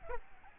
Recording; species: mosquito wingbeat signal from an infrared sensor; Aedes albopictus